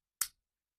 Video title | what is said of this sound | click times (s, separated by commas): Cotopaxi Allpa 35L (2026) – Still the BEST Travel Backpack? Full Review | Look at, hear the sound. Can you hear that click? | 0.2 s